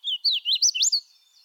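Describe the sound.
Hooded warbler singing a quick phrase of bright, slurred whistled notes that rise and fall, about one second long, then silence.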